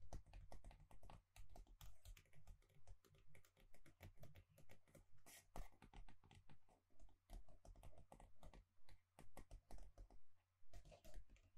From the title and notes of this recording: ASMR Gentle Tapping to Help You Sleep (No Talking).